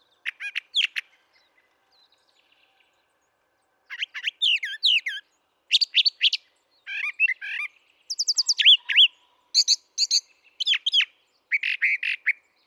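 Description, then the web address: Brown thrasher delivers a long string of varied phrases, many repeated twice or thrice: sharp chirps, slurred whistles and fast rattling notes, with a long pause after the first phrase. "birdsongforthecurious Brown Thrasher"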